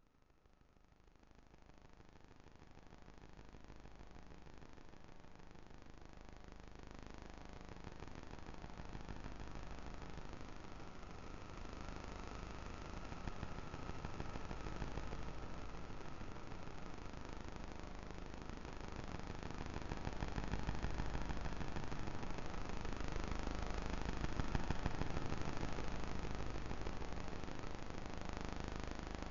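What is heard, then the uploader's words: Invisible electromagnetic frequencies rendered as a dense, steady hiss and hum that fades in from silence and slowly swells louder, with faint buzzing tones. 34 SONIC SKETCHBOOKS - SOMA ETHER. Vlad designed it for hearing the invisible electromagnetic frequencies that surround us. Ether is a handheld object, a little black box, that contains a magnetic antenna and an integrated electronic antenna. This episode of sonic sketchbooks is built entirely from sounds detected by Ether as I wandered about the streets of my local neighbourhood.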